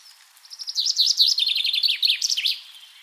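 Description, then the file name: Common chaffinch singing one two-second phrase of repeated chirpy notes that drops in pitch before a final flourish. "Fringilla coelebs"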